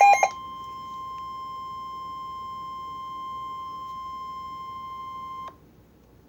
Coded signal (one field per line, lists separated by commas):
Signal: Emergency Alert System (SAME) tones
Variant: 1050 Hz attention tone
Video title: EAS mockup Severe thunderstorm warning